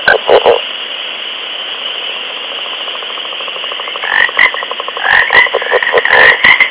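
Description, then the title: Frog calling in fast rattling pulse trains, with a steady buzzy trill through the middle and louder croaks bunched near the start and end. Frog on ice. "frosch auf eis - radio aporee"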